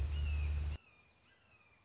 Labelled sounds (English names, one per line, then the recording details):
Red-shouldered Hawk
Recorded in Sonoma County, California